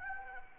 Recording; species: mosquito wingbeat signal from an infrared sensor; Anopheles arabiensis